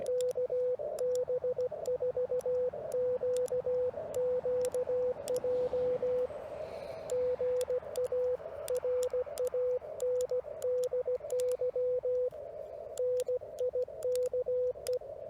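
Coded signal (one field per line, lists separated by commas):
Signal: Morse code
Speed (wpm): 16 wpm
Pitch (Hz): 500 Hz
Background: radio noise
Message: KB4QQJ GA RANDY NIKE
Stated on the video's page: Parks on the Air CW activation, used as copying practice.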